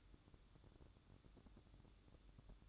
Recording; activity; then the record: daily activity, microphone in the room; light on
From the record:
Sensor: 3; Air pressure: 1007.9 hPa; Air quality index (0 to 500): 84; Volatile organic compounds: 1 ppm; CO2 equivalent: 717 ppm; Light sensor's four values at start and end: 12/27/11/12 and 19/51/22/20